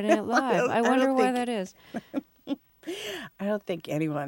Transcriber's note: laughs